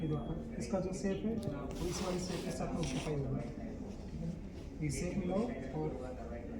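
A surgical blade is lined up by shape with the matching shape on its handle while someone talks. Nothing has seated or clicked yet.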